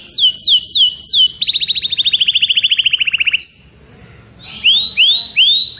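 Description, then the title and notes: Canary song opening with four swooping down-slurred notes, then a long rapid trill, a short pause, and rising looping whistles. Song recording used as a lure to attract birds. "Pikat Burung Baru. kenari"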